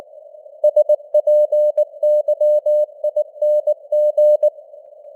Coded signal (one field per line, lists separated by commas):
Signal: Morse code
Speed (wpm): 19 wpm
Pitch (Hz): 600 Hz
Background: none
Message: SPYING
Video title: Morse Code News | 2025-11-18 | 19wpm